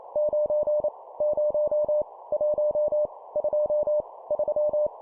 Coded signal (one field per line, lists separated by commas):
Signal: Morse code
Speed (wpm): 28 wpm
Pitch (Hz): 600 Hz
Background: none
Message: 9 0 1 2 3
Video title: 25wpm Numbers, cw morse code practice